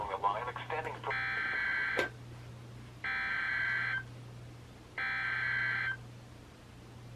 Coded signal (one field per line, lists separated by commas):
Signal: Emergency Alert System (SAME) tones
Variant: header bursts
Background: speech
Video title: EAS #43-#45: Marine Warning Trifecta | KHB36